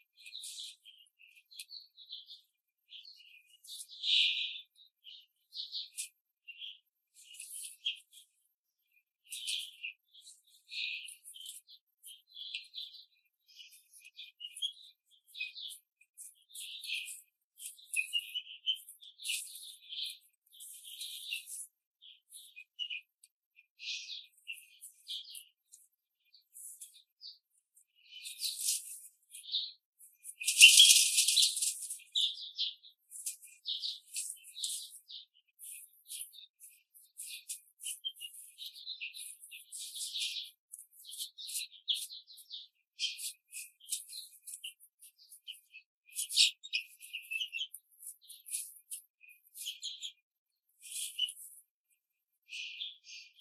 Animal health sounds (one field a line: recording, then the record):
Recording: young laying hens in a cage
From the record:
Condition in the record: control cage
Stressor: none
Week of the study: 5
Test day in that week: 1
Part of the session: 1